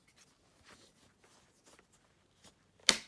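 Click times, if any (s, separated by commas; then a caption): 2.9 s. A plastic dust bag latch is pushed closed on an Oreck XL2 Ultra (Teal) (U4090 H2T) lightweight upright vacuum. Quiet rustling and handling noises lead up to a sharp, loud click at 2.9 s as the latch seats. The latch is confirmed in place, which keeps dust from spewing into the inner bag.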